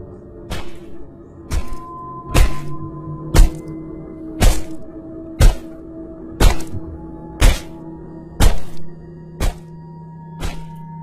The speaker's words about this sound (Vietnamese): Cứ thế, Ả nghiến răng nghiến lợi, Ả vung con dao chặt liên tiếp.